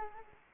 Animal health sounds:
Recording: mosquito wingbeat signal from an infrared sensor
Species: Anopheles arabiensis

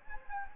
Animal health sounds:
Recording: mosquito wingbeat signal from an infrared sensor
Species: Anopheles gambiae

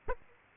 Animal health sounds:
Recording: mosquito wingbeat signal from an infrared sensor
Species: Aedes aegypti

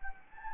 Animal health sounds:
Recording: mosquito wingbeat signal from an infrared sensor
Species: Anopheles gambiae

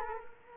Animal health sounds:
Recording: mosquito wingbeat signal from an infrared sensor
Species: Culex quinquefasciatus

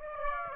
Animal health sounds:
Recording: mosquito wingbeat signal from an infrared sensor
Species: Aedes aegypti

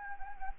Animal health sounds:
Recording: mosquito wingbeat signal from an infrared sensor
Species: Anopheles gambiae

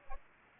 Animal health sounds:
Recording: mosquito wingbeat signal from an infrared sensor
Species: Aedes aegypti

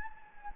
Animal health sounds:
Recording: mosquito wingbeat signal from an infrared sensor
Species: Anopheles gambiae

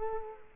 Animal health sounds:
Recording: mosquito wingbeat signal from an infrared sensor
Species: Culex quinquefasciatus

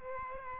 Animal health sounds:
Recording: mosquito wingbeat signal from an infrared sensor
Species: Aedes aegypti

